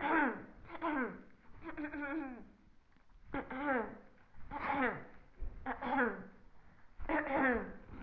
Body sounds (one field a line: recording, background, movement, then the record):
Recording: throat clearing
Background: quiet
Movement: sitting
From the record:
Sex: female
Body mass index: 18.3 kg/m2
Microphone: on the chest, facing the body